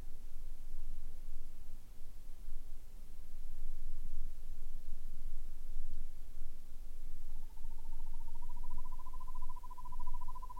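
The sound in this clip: Buff-fronted owl trill: a fast, even, mid-pitched rolling trill starts after a long quiet stretch, rising slightly and running to the end over low rumbling background.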